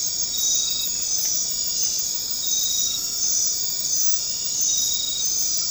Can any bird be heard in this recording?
no